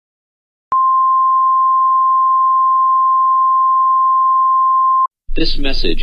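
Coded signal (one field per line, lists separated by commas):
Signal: Emergency Alert System (SAME) tones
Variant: 1050 Hz attention tone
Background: speech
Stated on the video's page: Mock EAS alert, a simulated scenario, not a real activation.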